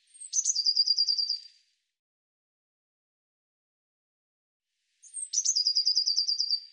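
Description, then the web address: Bird song: two identical phrases separated by a few seconds of silence, each a very high thin note dropping into a fast, glittering trill. "birddata Deverinetal 2025 Bird Cy Ca"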